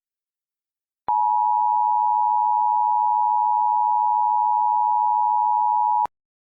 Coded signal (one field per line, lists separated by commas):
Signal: Emergency Alert System (SAME) tones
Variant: 853 and 960 Hz attention tone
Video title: EAS Scenario: The Commander